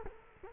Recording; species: mosquito wingbeat signal from an infrared sensor; Culex quinquefasciatus